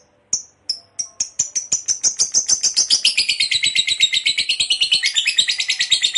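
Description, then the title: Lovebird starting with a few spaced high chips that quicken into a fast, continuous, shrill chattering run. Ngekek panjang, long continuous chatter, described as gacor, very vocal. "LOVEBIRD NGEKEK PANJANG GACOR BIKIN LATAH"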